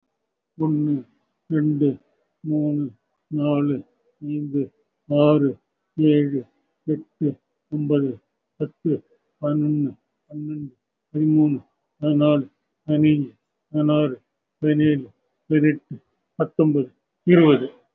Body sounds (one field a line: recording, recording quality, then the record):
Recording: counting at a normal pace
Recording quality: excellent, no background noise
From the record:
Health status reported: respiratory illness, not identified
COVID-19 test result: negative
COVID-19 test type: RT-PCR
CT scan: taken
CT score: 0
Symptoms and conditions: cough, cold, breathing difficulty, sore throat, chronic lung disease, another respiratory illness, hypertension, diabetes, ischaemic heart disease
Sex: male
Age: 67 years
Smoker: no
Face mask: worn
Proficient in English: no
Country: India